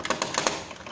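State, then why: Not seated. A plastic internal part is handled during reassembly of an Epson L360 inkjet printer, on its way into the printer frame. Four short, sharp taps land at about 0.1, 0.2, 0.4 and 0.5 seconds, with quieter handling noise after them. The part has not yet seated or clicked into its lock.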